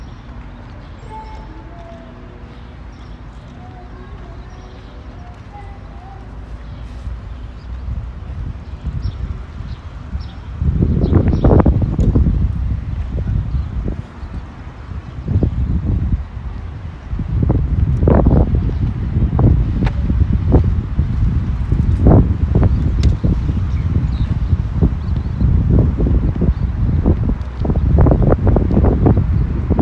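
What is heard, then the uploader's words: A walk through a city park in Modiin, Israel. The first ten seconds hold a soft, steady murmur with faint thin chirps. From about eleven seconds, heavy thudding steps and rough crunching bursts take over, repeating unevenly and loudly until the end. City Park Sounds. Walking In Modiin, Israel.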